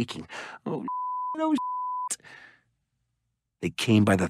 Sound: beep